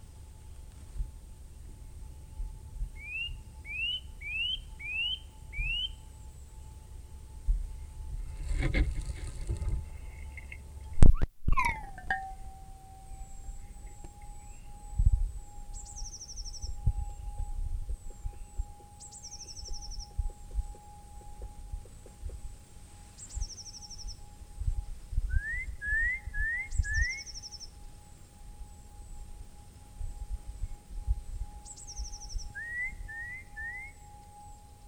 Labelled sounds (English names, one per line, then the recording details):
Eurasian Nuthatch call
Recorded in the wild
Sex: male
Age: adult
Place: Freiburg, Baden-Württemberg, DE
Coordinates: 47.9842, 7.87667
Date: 1960-03-23
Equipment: Vollspur
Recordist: Thielcke, Gerhard